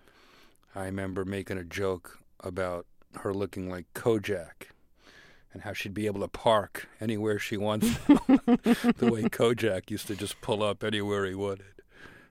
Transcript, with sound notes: I remember making a joke about her looking like Kojak and how she'd be able to park anywhere she wants...
(Laughter).
...The way Kojak used to just pull up anywhere he wanted,